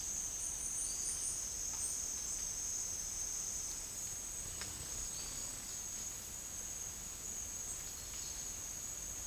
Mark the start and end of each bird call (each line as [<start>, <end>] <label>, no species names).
[0.70, 1.36] bird call
[5.08, 5.52] bird call